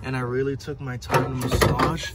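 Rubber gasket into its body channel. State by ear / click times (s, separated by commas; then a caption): not seated / none. On a BMW Z4, a rubber seal gasket sprayed with silicone is being slowly massaged back into its channel in the body to stop a leak into the interior. Someone talks throughout, with only faint handling noise underneath. Nothing has seated or clicked yet; the clip ends before the gasket snaps back into place.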